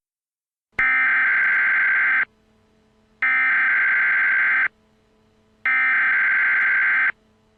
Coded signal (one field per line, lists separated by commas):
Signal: Emergency Alert System (SAME) tones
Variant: header bursts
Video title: Zombie EAS Alert: Zombie Army